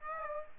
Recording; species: mosquito wingbeat signal from an infrared sensor; Aedes aegypti